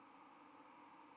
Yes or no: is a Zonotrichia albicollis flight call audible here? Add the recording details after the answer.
no. Another species' flight call is heard. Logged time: 06:05 on 31 October 2014